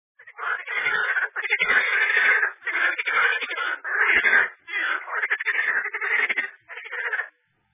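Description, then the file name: Toad croaking in dense, rattling bursts of about a second each, separated by short pauses. "Zhabi"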